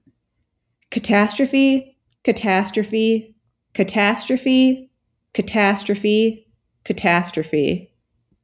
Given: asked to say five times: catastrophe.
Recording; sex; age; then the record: repeated word; female; 20 to 29 years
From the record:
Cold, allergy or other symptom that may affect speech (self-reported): no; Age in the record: 28 years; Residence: New York, United States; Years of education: 19